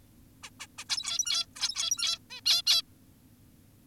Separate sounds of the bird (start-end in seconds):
0.43-0.50, 0.60-0.67, 0.78-0.85, 0.90-1.46, 1.56-2.19, 2.30-2.41, 2.46-2.62, 2.67-2.82